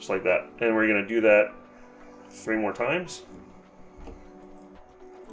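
DDR4 memory modules are handled at the motherboard's DIMM slots, with the remaining sticks still to go in. Someone talks over quiet background music and faint handling sounds. Nothing has seated or clicked yet.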